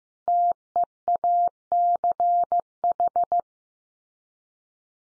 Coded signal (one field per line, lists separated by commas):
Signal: Morse code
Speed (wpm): 15 wpm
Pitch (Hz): 700 Hz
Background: none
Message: TEACH